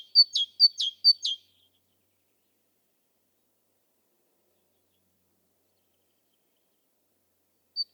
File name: Parus major